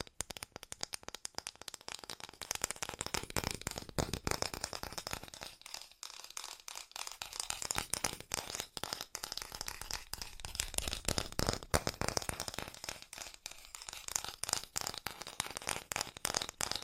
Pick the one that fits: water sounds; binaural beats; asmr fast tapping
asmr fast tapping